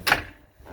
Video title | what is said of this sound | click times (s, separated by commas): 2017 Sea Ray 260 Sundancer For Sale at MarineMax Brick | locks into place and your passengers have a nice backrest | 0.1 s